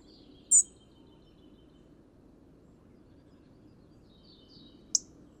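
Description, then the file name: European robin calling with two sharp, high-pitched notes several seconds apart, over low steady noise. "Erithacus rubecula"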